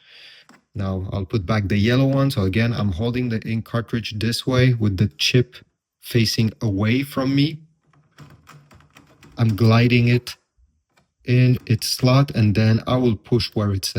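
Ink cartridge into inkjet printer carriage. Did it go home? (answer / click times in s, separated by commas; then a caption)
no / none. Someone talks while a yellow plastic ink cartridge, held with its chip facing away, is lined up and slid into its slot in the carriage of an Epson WF-2930 inkjet printer. A few faint, short handling sounds come between about 8.2 and 9.2 seconds. The cartridge has not yet been pushed home, and nothing has seated or clicked yet.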